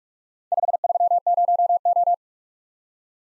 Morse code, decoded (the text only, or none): 530O